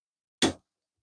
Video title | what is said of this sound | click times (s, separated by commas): Worth the Price? The Mandalorian Star Wars Transformers Crossover | Like that. Kind of got to give it a little little push at least on that one I did. Oh, there we go. Both. And they snap in place pretty good. | 0.4 s